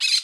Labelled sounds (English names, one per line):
Brown-throated Parakeet contact call